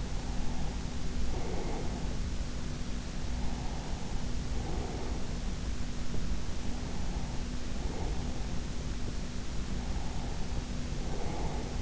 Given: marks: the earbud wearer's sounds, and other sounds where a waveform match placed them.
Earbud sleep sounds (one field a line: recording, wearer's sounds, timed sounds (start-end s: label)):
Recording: sounds in sleep by an in-ear microphone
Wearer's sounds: breath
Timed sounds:
0.00-2.17 s: breath
3.34-5.34 s: breath
6.57-8.57 s: breath
9.67-11.82 s: breath